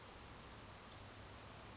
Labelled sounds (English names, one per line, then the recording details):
Western Flycatcher
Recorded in Sonoma County, California